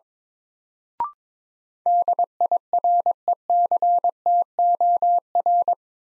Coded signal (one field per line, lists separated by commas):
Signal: Morse code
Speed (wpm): 22 wpm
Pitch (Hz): 700 Hz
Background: none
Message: DIRECTOR